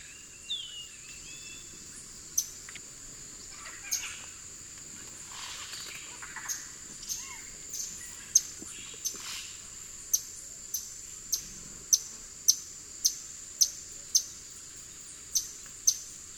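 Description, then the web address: Yellow-browed tody-flycatcher calling with sharp, very high ticking notes, sparse at first, then repeated roughly every half second, over a steady high-pitched insect drone. Eastern lowlands of South America. "Natures Songs S America Eastern Lowlands. Yellow-browed Tody-Flycatcher"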